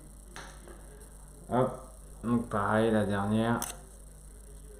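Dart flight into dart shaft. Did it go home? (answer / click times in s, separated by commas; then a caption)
no / none. Someone talks while handling the last dart flight, about to fit it into its dart shaft. Only faint, small handling ticks are heard under the voice. Nothing has seated or clicked yet.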